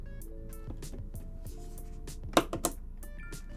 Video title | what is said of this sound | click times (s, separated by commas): How To Build A PC in 2018 Step by Step | Do you hear that click? That means it's in. | 2.4 s, 2.6 s